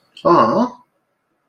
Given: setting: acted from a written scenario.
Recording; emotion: vocal sound without words; adoration